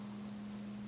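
Plastic car-top panels are folded down toward the rear of a transforming plastic toy figure, behind the windshield, while it is turned into car mode. Only a steady hiss with a constant low hum is heard, with no distinct clicks. Nothing has locked into place yet.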